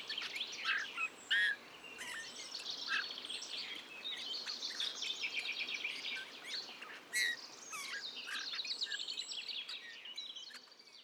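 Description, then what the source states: Eurasian bullfinch long soft warble, a continuous babble of twittering, scratchy and whistled notes with a few louder piped notes. Male in breeding plumage perched on budding blackthorn, La Sarcena, Drôme, France, 15 March 2020; soft babbling song barely audible to the ear; Nagra Seven recorder with Telinga Pro7 parabola.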